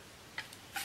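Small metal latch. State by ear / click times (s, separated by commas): released / 0.4 s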